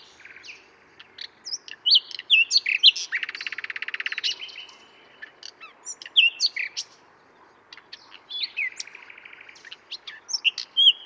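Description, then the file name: Common nightingale delivering sweet whistled notes, a long even rattling trill, then further varied phrases including another fast trill toward the end. "Luscinia megarhynchos"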